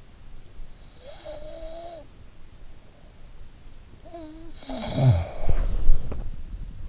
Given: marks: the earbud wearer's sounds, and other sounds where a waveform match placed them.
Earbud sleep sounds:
sounds in sleep by an in-ear microphone; snoring breath, body movement
0.32-2.55 s: snoring breath
3.98-6.50 s: snoring breath
5.32-6.79 s: body movement

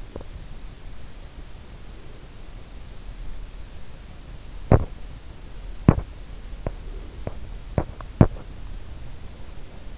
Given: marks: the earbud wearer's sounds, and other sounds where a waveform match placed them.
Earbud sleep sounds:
sounds in sleep by an in-ear microphone; teeth grinding
0.00-0.35 s: teeth grinding
4.69-4.91 s: sound from someone else or the room
5.72-6.14 s: sound from someone else or the room
6.59-6.79 s: sound from someone else or the room
7.60-7.95 s: sound from someone else or the room
8.14-8.37 s: sound from someone else or the room

